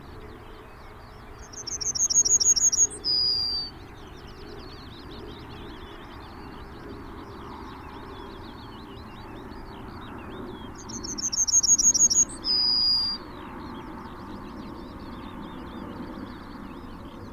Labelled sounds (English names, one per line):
Yellowhammer song